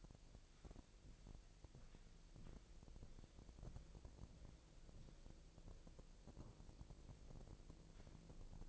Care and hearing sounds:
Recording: daily activity, microphone in the room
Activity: walk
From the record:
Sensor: 5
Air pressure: 1002.1 hPa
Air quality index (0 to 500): 245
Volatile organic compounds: 29 ppm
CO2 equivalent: 2944 ppm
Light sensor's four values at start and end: 34/81/34/37 and 34/81/34/37

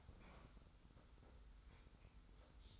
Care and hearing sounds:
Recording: daily activity, microphone in the room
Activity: open fridge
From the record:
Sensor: 3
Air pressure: 991.0 hPa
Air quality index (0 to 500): 118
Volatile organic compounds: 84 ppm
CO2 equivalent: 3638 ppm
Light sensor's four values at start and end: 36/86/34/32 and 36/85/34/32

